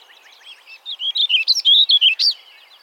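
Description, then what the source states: Warbling Vireo singing a fast, rambling warble of slurred notes that runs for about a second and a half. Nominate subspecies Vireo gilvus gilvus.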